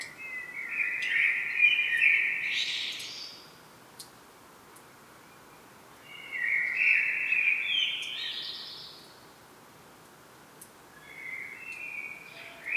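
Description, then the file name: Common blackbird song in three separate phrases with pauses between them, each a rich whistled warble finishing in a high, squeaky trill. "Turdus merula"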